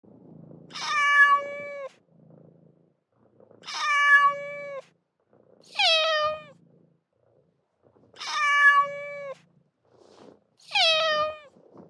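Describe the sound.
Cat meowing: five drawn-out, tonal meows, with soft low sounds between them.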